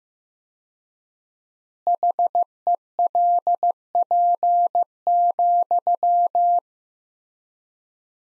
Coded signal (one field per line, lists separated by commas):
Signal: Morse code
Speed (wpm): 15 wpm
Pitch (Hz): 700 Hz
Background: none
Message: HELP,